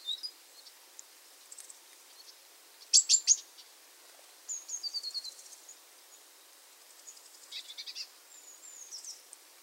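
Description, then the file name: Eurasian blue tit calls: scattered faint high notes, then a loud cluster of sharp ticks, followed by quick high runs and buzzy phrases over a soft background hiss. "Cyanistes caeruleus"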